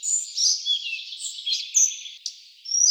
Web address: Ficedula albicollis